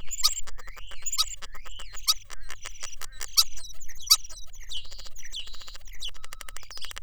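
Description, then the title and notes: European Starling singing a run of sharp clicks and whistled slurs repeated about once a second, then shifting to high squeaky notes and a fast rattle. Song provided by Justin Kiggins, a neuroscientist who studies auditory perception and the brains of communicating birds. "European Starling song file from Justin"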